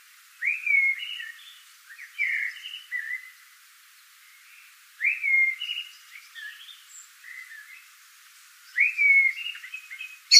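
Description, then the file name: Eurasian blackbird song: three rich fluty warbled phrases, a few seconds apart. "Turdus merula"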